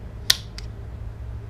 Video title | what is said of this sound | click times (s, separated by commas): KTM 250 EXC - Ep 5-1- Engine reassembly. | was a nice click wasn't it that | 0.3 s